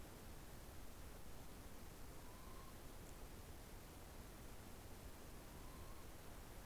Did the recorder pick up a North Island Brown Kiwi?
no